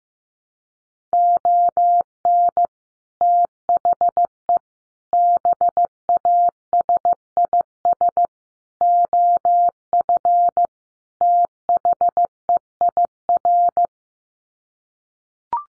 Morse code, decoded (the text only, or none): ON THE BASIS OF THEIR